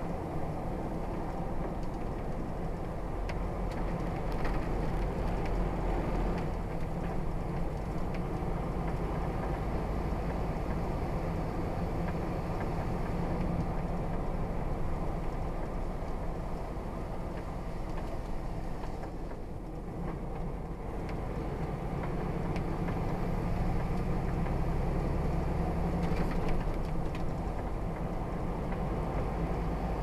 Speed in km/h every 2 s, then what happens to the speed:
37, 35, 34, 34, 35, 39, 37, 32, 27, 26, 29, 32, 32, 34, 35.
0-12 steady at about 35. 12-17 slows to 26. 17-30 speeds up to 35.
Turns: none.